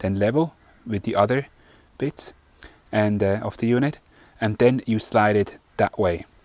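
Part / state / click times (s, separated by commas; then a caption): engine-bay fuse box (TIPM) into its mounting bracket / not seated / none. Someone talks while the engine-bay fuse box (TIPM) of a Toyota 105 series Land Cruiser is pushed down level and slid sideways toward its mounting bracket. The clip holds only speech and faint handling, with no clear click. Nothing has seated or clicked yet.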